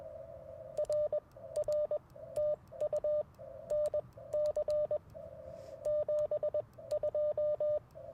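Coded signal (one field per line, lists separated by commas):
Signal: Morse code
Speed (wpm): 21 wpm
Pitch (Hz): 600 Hz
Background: radio noise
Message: R R TU NC 72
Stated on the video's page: QRP CW POTA activation using Icom IC-705, AlexLoop magnetic loop antenna and Bamatech paddles.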